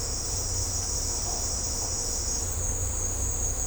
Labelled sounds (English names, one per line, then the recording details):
none
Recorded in secondary vegetation near Puerto Asís, Putumayo, Colombia, on 18 December 2024 at 17:00
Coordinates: 0.502, -76.326
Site G028